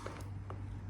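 Plastic hanger clips are snapped onto the rim of a new hanging plant pot after repotting. Two quiet, sharp clicks are heard at 0.1 s and 0.5 s over a steady low hum, and the clips are seated on the pot.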